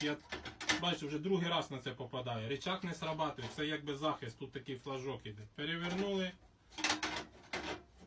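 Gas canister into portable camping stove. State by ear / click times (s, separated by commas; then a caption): seated / 7.5 s. Someone talks while a gas canister is fitted into a portable camping stove, then after the grate is flipped there are short sharp knocks at about 6.8 and 7.0 seconds. The strongest hit, at 7.5 seconds, is the stove's lever engaging, and the canister locks in place in the holder.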